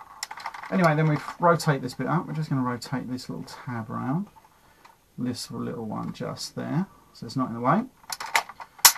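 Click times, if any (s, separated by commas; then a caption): 8.9 s. Someone talks while handling a Transformers Armada Unicron figure, with a few small plastic taps and clicks. Plastic panels are then pushed into the figure's body and snap into position with a loud, sharp click at 8.9 s, seating them in place.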